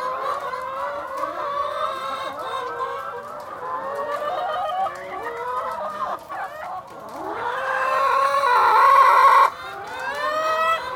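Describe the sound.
Chicken clucking from several birds, a mix of short clucks and longer wavering calls, with one louder drawn-out squawk near the end.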